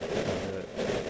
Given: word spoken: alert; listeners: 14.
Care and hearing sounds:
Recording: one English word in noise, from a listening test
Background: noise modulated by three-talker babble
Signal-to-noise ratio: -6.0 dB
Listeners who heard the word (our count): 1 of 14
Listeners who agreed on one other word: 7 of 14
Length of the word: 0.70 s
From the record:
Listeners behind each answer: 7, 1, 1, 1, 1, 1, 1, 1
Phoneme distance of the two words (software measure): 17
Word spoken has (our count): 2 syllables, 4 phonemes, stress on syllable 2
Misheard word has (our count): 1 syllable, 3 phonemes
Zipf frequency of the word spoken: 4.03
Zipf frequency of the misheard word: 4.82

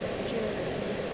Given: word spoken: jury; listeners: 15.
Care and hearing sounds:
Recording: one English word in noise, from a listening test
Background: speech-shaped noise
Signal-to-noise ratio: -5.7 dB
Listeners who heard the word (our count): 2 of 15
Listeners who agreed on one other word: 8 of 15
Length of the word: 0.74 s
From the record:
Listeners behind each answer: 8, 2, 2, 1, 1, 1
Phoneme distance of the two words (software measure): 24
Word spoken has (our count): 2 syllables, 4 phonemes, stress on syllable 1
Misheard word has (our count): 2 syllables, 6 phonemes, stress on syllable 1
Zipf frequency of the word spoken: 4.17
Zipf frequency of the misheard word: 4.35

